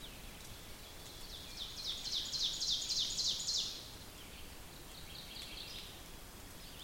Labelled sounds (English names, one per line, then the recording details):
Ovenbird song
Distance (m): 60 m
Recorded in boreal forest in Alberta, Canada, on 5 June 2016 at 06:22
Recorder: SongMeter 3, array SBT-3-51
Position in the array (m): 245 m, 132 m
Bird 28